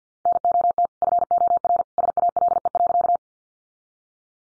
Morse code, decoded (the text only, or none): NOT FOR SALE.